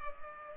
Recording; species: mosquito wingbeat signal from an infrared sensor; Culex pipiens